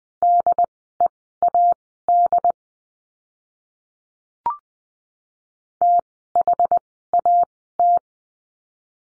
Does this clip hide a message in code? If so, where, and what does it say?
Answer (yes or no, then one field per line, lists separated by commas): yes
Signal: Morse code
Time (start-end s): 0.2-8.0 s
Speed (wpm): 20 wpm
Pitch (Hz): 700 Hz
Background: none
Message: DEAD THAT